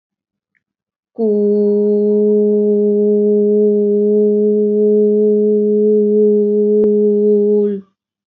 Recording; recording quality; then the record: sustained vowel as in boot; excellent, no background noise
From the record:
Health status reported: respiratory illness, not identified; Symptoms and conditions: fever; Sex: female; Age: 25 years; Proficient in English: yes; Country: India